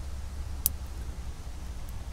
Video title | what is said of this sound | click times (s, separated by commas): How to Install Subaru Kicker Tweeters - 2nd Gen Tacoma (Almost Plug & Play) | push it as far back as it will go so you're not seeing any of the metal once it's completely plugged in and hopefully you will hear a click and then | 0.7 s